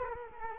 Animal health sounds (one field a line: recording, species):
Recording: mosquito wingbeat signal from an infrared sensor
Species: Culex quinquefasciatus